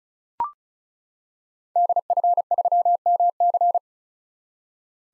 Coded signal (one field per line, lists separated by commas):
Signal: Morse code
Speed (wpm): 36 wpm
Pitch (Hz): 700 Hz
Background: none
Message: DF3MC